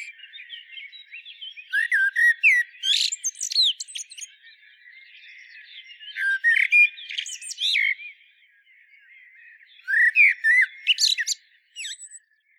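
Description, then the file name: Common blackbird singing three phrases, mellow whistled notes running into thin, high, scratchy twitters, with short pauses between phrases. "Turdus merula"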